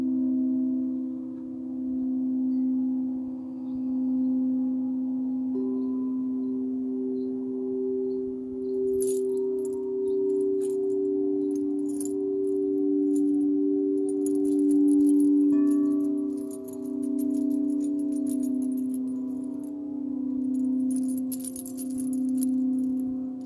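Tibetan singing bowls hum in steady overlapping low tones throughout, while bright jangling bracelets and chimes shimmer in from about nine seconds onward.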